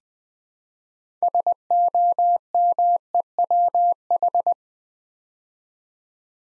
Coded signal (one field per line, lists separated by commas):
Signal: Morse code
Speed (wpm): 20 wpm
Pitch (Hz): 700 Hz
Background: none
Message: SOMEWH